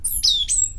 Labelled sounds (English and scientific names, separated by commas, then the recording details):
Stitchbird (Notiomystis cincta) song
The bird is a male
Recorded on Tiritiri Matangi Island, New Zealand, in 2005
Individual 22, of nest box 31